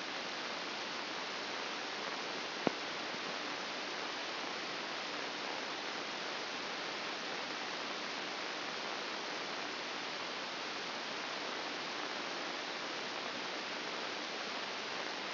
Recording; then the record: brain microelectrode recording played as sound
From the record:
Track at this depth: inside the subthalamic nucleus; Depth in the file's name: 5.063 mm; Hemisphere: left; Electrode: 2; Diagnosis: Parkinson's disease